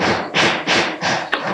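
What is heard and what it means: The plastic feet of the passenger-side cooling fan assembly on a 2009 Kia Spectra are fed down beside the driver's side fan and shaken into their mounts on a new radiator, fitted to fix overheating. Repeated broad rustling, scraping bursts of shaking end in a single sharp thump at 1.3 s as the feet drop into place, and the fan shroud is seated.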